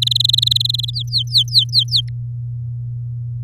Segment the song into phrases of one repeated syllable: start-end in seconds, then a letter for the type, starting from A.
0.02-0.91 A, 0.93-2.01 B